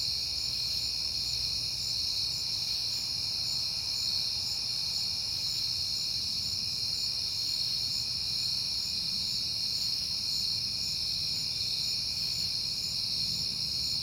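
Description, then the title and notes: Crickets producing a steady shrill chorus, several high tones stacked and sustained without pause, soft low background noise beneath. At night in September, on a peaceful night. "Night Time: Crickets and Passing Cars. It is September and I have been hearing the crickets a lot, but finally had a peaceful night to make the recording"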